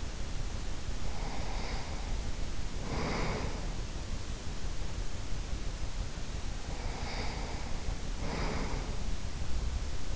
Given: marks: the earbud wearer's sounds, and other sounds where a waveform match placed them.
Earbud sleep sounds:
sounds in sleep by an in-ear microphone; breath
0.70-4.23 s: breath
6.12-10.16 s: breath

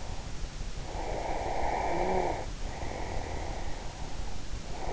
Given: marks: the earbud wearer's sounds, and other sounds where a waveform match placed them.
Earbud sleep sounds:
sounds in sleep by an in-ear microphone; snoring breath
0.87-3.89 s: snoring breath

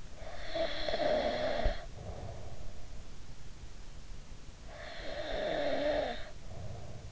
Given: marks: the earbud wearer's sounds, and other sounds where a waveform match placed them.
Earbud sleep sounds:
sounds in sleep by an in-ear microphone; snoring breath
0.21-2.73 s: snoring breath
4.70-7.12 s: snoring breath

